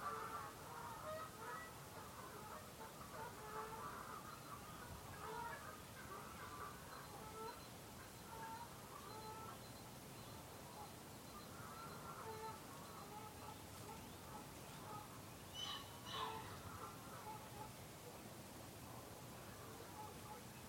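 Canada geese murmur softly over a salt marsh, a dense, continuous mix of low crooning calls from many birds. The chatter stays fairly even throughout, with a few clearer honks standing out around 16 seconds over a steady low hiss.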